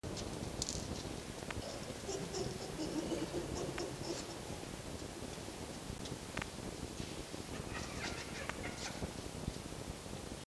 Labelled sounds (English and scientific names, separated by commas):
Red Fox (Vulpes vulpes)